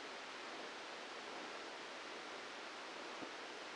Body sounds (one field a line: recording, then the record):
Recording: brain microelectrode recording played as sound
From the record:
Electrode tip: inside the subthalamic nucleus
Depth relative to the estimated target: 1 mm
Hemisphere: left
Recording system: NeuroSet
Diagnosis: Parkinson's disease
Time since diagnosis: 8 years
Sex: male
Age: 59 years